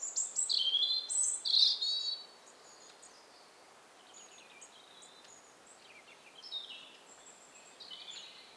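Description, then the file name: European robin song: two seconds of loud, very high, thin twittering notes, then softer, scattered squeaky phrases over a hissy background. "Erithacus rubecula 240917"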